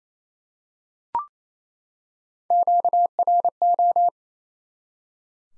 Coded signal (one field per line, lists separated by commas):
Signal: Morse code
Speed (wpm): 27 wpm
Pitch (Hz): 700 Hz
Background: none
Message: QRO